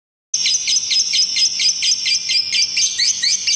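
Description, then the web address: Bird giving rapid repeated high chirps over a steady high-pitched ringing tone. "Chika Pengusir-Hama-Burung-Otomatis. dataset bird"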